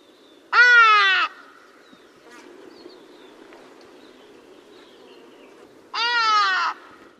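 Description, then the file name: Hadada ibis calling twice, loud raucous nasal honks about five seconds apart. "Utrennie golosa - Hagedash velikolepnyj ibis ibisovye"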